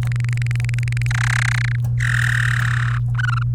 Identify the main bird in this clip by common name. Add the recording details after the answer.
Domestic Canary. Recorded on 29 April 2018 at 11:04. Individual llb3